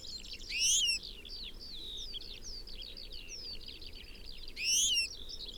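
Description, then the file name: European goldfinch: two loud, bright twittering bursts about four seconds apart, with steady softer twittering between them. "Carduelis carduelis"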